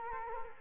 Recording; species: mosquito wingbeat signal from an infrared sensor; Culex quinquefasciatus